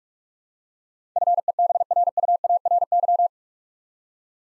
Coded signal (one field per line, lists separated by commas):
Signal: Morse code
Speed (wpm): 42 wpm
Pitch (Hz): 700 Hz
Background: none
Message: FEBRUARY